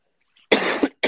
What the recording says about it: High altitude training's fun. I've came back with a nice runner's cough from all the air and stuff. I'm not sick. It's just getting back used to it.